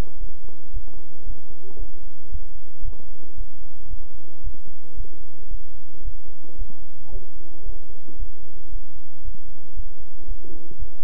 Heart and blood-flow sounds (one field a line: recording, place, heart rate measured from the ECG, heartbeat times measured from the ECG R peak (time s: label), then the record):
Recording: heart sounds by stethoscope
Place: between the tricuspid and mitral areas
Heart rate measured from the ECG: 113 bpm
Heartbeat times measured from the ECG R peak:
0.18 s: heartbeat
0.71 s: heartbeat
1.24 s: heartbeat
1.77 s: heartbeat
2.30 s: heartbeat
2.83 s: heartbeat
3.35 s: heartbeat
3.88 s: heartbeat
4.41 s: heartbeat
4.95 s: heartbeat
5.49 s: heartbeat
6.03 s: heartbeat
6.56 s: heartbeat
7.10 s: heartbeat
7.64 s: heartbeat
8.17 s: heartbeat
8.70 s: heartbeat
9.23 s: heartbeat
9.74 s: heartbeat
10.26 s: heartbeat
10.77 s: heartbeat
From the record:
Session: bicycle stress test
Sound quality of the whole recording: good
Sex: male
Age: 26 years